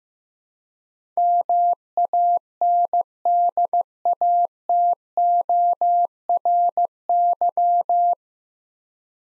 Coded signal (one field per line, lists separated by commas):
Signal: Morse code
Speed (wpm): 15 wpm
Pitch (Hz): 700 Hz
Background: none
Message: MANDATORY